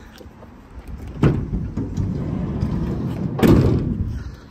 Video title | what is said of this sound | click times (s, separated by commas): 2024 Nissan Interstar Walkaround: Pre-Production Model Tour & Exclusive Specs Breakdown! | so that door locks into place | 1.2 s